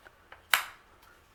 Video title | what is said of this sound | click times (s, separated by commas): Ultimate Guide to Replace RAM (DDR ) and Hard Drive in Dell Desktop - Dell Optiplex 390 | You can see you can hear the click | 0.5 s